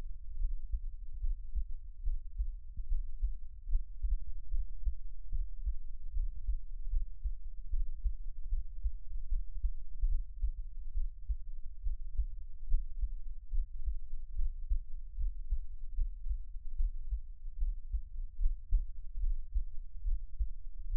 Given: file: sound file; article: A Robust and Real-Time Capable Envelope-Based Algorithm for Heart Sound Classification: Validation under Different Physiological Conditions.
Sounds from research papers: heart sounds by electronic stethoscope; rest; normal; lying on left side; Erb’s point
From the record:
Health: healthy, no known heart disease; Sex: male

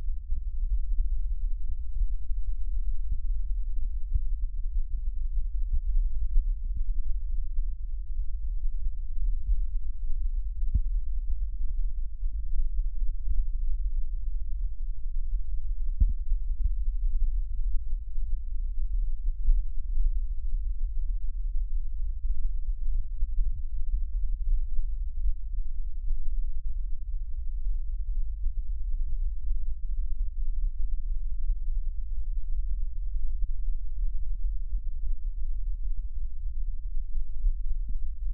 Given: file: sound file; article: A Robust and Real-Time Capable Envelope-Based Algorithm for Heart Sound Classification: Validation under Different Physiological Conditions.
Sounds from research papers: heart sounds by electronic stethoscope; rest; normal; sitting; centre of the back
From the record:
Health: healthy, no known heart disease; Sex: male

